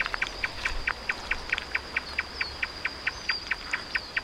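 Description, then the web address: Marsh tapaculo: repeated short bird notes, fairly regular but with some doubled notes, run throughout alongside a constant high whine. "sound Marsh-tapaculo. صدای-پرنده-تپلک-ماندابی"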